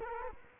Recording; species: mosquito wingbeat signal from an infrared sensor; Culex quinquefasciatus